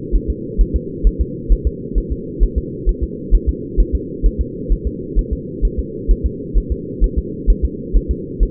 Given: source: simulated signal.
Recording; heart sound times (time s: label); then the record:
fetal heart sounds
0.16 s: S1
0.30 s: S2
0.61 s: S1
0.76 s: S2
1.07 s: S1
1.21 s: S2
1.52 s: S1
1.67 s: S2
1.98 s: S1
2.12 s: S2
2.43 s: S1
2.58 s: S2
2.89 s: S1
3.03 s: S2
3.34 s: S1
3.49 s: S2
3.80 s: S1
3.95 s: S2
4.26 s: S1
4.41 s: S2
4.72 s: S1
4.87 s: S2
5.19 s: S1
5.33 s: S2
5.65 s: S1
5.79 s: S2
6.11 s: S1
6.26 s: S2
6.58 s: S1
6.72 s: S2
7.04 s: S1
7.18 s: S2
7.50 s: S1
7.65 s: S2
7.97 s: S1
8.11 s: S2
8.43 s: S1
From the record:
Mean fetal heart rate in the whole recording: 130 bpm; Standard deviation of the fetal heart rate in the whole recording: 2 bpm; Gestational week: 36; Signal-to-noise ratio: -4.1 dB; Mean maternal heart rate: no maternal heart sound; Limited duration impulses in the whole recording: absent